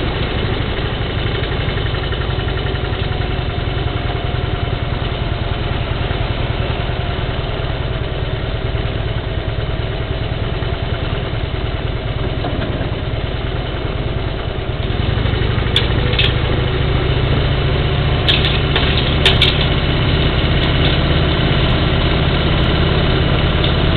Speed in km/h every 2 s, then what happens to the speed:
19, 16, 12, 13, 14, 14, 16, 17, 21, 21, 23, 24.
0-5 slows to 12. 5-24 speeds up to 24.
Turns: none.